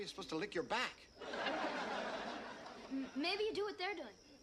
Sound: laughter